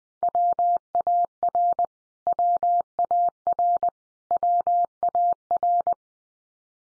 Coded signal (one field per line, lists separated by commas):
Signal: Morse code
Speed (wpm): 20 wpm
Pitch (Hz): 700 Hz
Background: none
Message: WAR WAR WAR